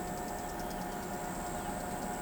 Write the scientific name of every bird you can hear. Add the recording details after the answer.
none. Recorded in pastures near Pivijay, Magdalena, Colombia, on 15 April 2023 at 06:00. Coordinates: 10.456, -74.369. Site P6-G026